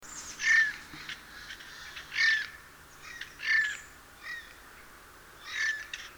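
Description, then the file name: Eurasian jay giving harsh, rasping screeches, five separate bursts spread over about six seconds, with a quiet background hiss. "Garrulus glandarius"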